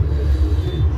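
A flex cable's board-to-board connector is handled over a Samsung smartphone mainboard while the cables and flexes are being reconnected after reassembly. A steady low rumble with faint music-like tones fills the second, with no sharp transients. The connector has not seated or clicked yet.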